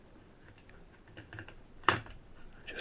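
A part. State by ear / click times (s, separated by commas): seated / 1.9 s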